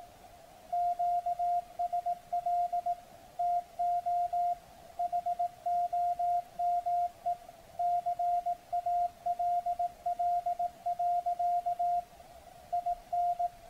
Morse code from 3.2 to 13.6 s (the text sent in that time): TO HOME CALL. IN